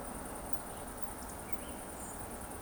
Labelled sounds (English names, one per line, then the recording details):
Eurasian Woodcock whistle
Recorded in Baden-Württemberg, Germany, on 25 June 2020 at 20:04 UTC
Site 14569, 102 m above sea level